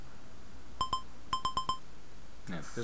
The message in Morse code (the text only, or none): none